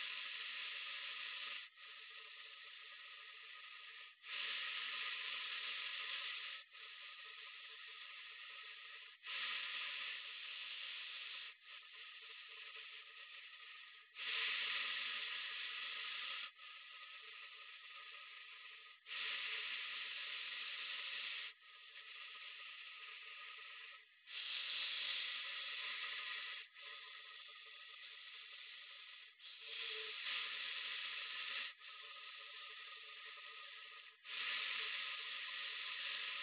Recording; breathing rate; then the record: paced breathing near a phone; 12 breaths a minute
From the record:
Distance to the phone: 20 cm